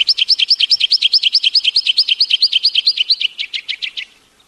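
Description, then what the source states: White-winged Triller song: a fast, even trill of bright, high chirping notes, running steadily for about four seconds before fading out. Played-back recording.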